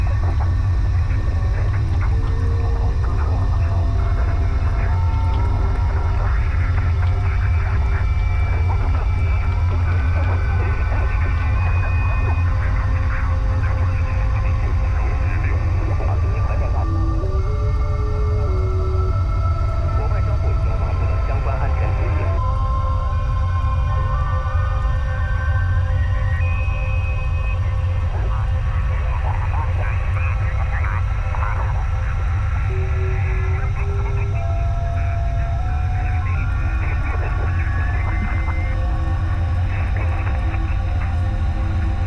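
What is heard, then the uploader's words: An arctic vessel's engine idles with a steady, heavy low rumble throughout. Over it come frequent high squeals, creaks and short gliding tones, with scattered cracks from the ice. These are busiest from about 17 to 22 seconds and again after 28 seconds. The sounds of an arctic vessel’s engine idling along with the sounds of occasional cracking ice in the background. The ship is a Norwegian Research and Expedition Vessel named the RV Lance.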